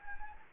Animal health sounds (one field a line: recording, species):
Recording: mosquito wingbeat signal from an infrared sensor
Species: Anopheles gambiae